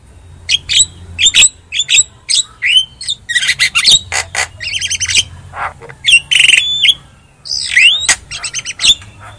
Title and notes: Pancingan Jalak Kebo Bisu. Kicau Jalak Kebo